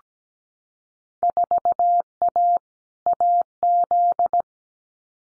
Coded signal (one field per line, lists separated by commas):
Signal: Morse code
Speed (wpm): 17 wpm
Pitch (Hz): 700 Hz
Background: none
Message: 4A AZ